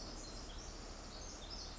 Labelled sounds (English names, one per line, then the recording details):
Pacific Wren
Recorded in Sonoma County, California